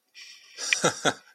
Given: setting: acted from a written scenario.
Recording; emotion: vocal sound without words; amusement